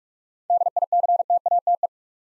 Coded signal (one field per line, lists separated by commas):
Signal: Morse code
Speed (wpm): 44 wpm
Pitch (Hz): 700 Hz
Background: none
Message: DICTATE